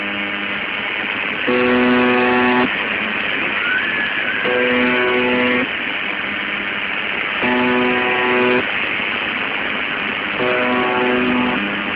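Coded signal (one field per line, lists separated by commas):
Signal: channel marker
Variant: UVB-76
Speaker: a few times a week the buzzing sound is interrupted and an eerie voice in Russian Creeps in here's a spooky [Music] [Music] snippet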